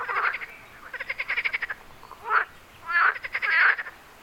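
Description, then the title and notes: Frogs giving quick pulsed croaks followed by a few louder, rounder notes in a short burst. Frogs on Wyspa Sobieszewska, Gdańsk, Poland. "Wyspa Sobieszewska, Gdańsk, Poland - Frogs. Żaby. rec Rafał Kołacki"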